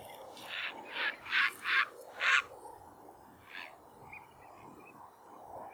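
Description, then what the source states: Great blue heron giving five harsh, rasping calls in quick succession. A fainter call follows, against a steady background hiss. Recorded at a nest.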